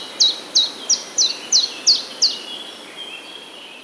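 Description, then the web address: Common chiffchaff song: seven sharp, high notes, each dropping in pitch, given about three per second in an even series, then stopping; faint background hiss. Recorded at Wroblowe, Poland, on 17 April 2017. "wroblowe kontra pierwiosnek 17 04 2017"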